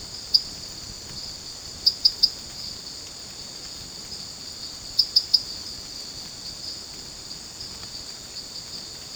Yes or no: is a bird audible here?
no